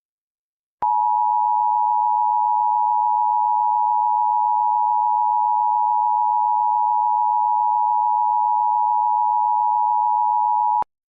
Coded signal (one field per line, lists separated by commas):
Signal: Emergency Alert System (SAME) tones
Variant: 853 and 960 Hz attention tone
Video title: (First EAS Content in 2025) EAS Mock #41